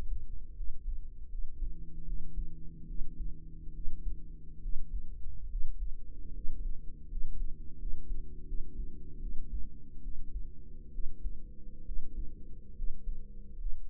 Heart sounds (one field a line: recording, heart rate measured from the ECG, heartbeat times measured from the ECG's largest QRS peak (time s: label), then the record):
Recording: heart sounds by microphone in the right ear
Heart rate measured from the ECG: 74 bpm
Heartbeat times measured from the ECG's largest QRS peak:
0.53 s: heartbeat
1.27 s: heartbeat
2.03 s: heartbeat
2.84 s: heartbeat
3.71 s: heartbeat
4.58 s: heartbeat
5.46 s: heartbeat
6.30 s: heartbeat
7.06 s: heartbeat
7.75 s: heartbeat
8.43 s: heartbeat
9.17 s: heartbeat
9.99 s: heartbeat
10.89 s: heartbeat
11.82 s: heartbeat
12.72 s: heartbeat
13.55 s: heartbeat
From the record:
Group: healthy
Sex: female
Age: 32 years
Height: 168 cm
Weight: 61.9 kg